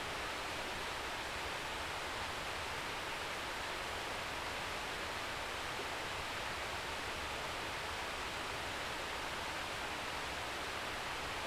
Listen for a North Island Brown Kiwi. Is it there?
no